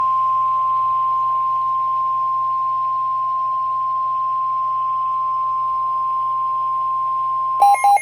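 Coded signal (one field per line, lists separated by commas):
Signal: Emergency Alert System (SAME) tones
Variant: 1050 Hz attention tone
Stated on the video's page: Real severe thunderstorm warning from Mount Holly, received on weather radio KHB38 and on WLRB-FM.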